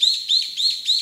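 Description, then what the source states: Brown-eared bulbul calling with four quick, high, rising chirps in about a second, with no other clear sounds. Kamishima island, Mie Prefecture, Japan.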